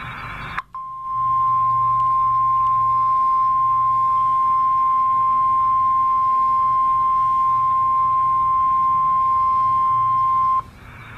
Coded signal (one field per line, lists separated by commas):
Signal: Emergency Alert System (SAME) tones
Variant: 1050 Hz attention tone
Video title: EAS #38 - Tornado Watch #150